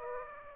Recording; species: mosquito wingbeat signal from an infrared sensor; Aedes aegypti